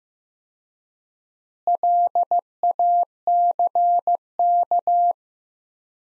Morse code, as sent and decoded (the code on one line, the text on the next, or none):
.-.. .- -.-. -.-
LACK